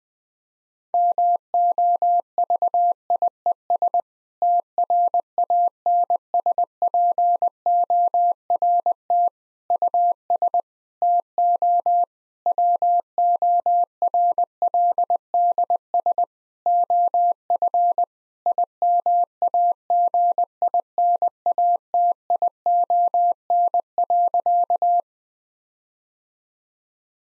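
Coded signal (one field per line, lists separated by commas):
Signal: Morse code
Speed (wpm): 20 wpm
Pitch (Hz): 700 Hz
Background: none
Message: MOVIES TRANSPORT US TO WORLDS OF IMAGINATION.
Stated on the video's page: Morse copy practice of difficult sentences with contextual hints at 20 wpm, each sentence sent in Morse code.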